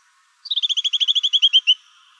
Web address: Sound Library Wrens Kinglets Gnatcatchers AZFO CNWR deviche 031002